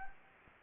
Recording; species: mosquito wingbeat signal from an infrared sensor; Anopheles gambiae